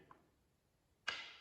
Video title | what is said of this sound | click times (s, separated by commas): DRZ400 water pump rebuild | gently like that. Snaps right into place. | 1.1 s